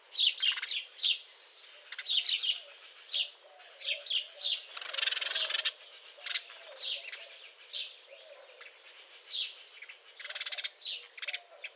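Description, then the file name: House sparrow chirping, many sharp chirps in quick clusters, with a dense noisy stretch near five seconds. "Passer domesticus"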